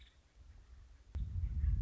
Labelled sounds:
Nuttall's Woodpecker
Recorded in Sonoma County, California

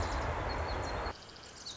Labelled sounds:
Pacific Wren
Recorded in Sonoma County, California

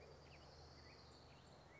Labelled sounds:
Orange-crowned Warbler
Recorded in Sonoma County, California

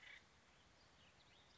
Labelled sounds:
Acorn Woodpecker
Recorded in Sonoma County, California

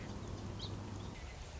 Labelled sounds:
Song Sparrow
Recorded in Sonoma County, California

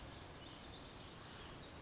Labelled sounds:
Western Flycatcher
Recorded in Sonoma County, California

